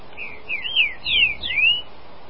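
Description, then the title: Green-winged saltator song: a single fluid phrase of loud, clear whistles sliding up and down in quick succession. "Trinca Ferro"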